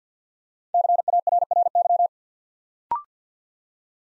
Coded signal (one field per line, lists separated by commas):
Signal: Morse code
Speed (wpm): 50 wpm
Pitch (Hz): 700 Hz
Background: none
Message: CARRY